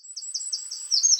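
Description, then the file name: Eurasian wren song fragment, a quick series of high, sharp repeated notes, growing louder at the end. "Troglodytes troglodytes"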